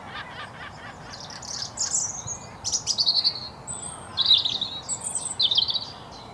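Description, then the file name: European robin song, a run of high, thin, varied phrases mixing sharp chips, sliding whistles and short trills, with brief gaps between them. "Erithacus rubecula"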